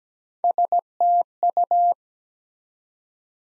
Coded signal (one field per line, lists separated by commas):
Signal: Morse code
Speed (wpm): 17 wpm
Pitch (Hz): 700 Hz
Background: none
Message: STU